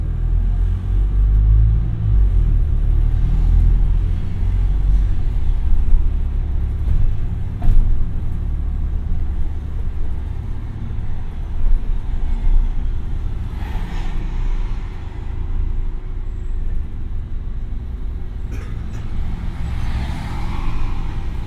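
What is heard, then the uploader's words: A ride on bus 49 in Brighton: a heavy, steady engine rumble sits low throughout, with a faint thin whine running above it. Brief clicks and rattles come through now and then, and a louder swell of noise passes around fourteen and twenty seconds. Bus 49, Brighton. Take a ride on a bus from Brighton towards Moulsecoomb.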